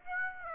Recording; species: mosquito wingbeat signal from an infrared sensor; Aedes aegypti